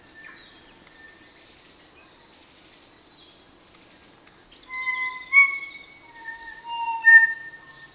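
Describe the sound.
Kōkako song: paired long pure tones sounding together in the second half, after a stretch of high twittering from other birds.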